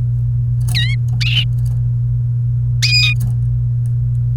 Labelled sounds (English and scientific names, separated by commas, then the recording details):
Domestic Canary (Serinus canaria) song
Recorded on 28 April 2018 at 11:18
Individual llb3